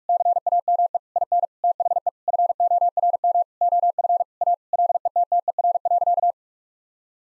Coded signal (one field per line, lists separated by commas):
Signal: Morse code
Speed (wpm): 46 wpm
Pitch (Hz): 700 Hz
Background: none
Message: CAME IN THE FORM OF A LETTER.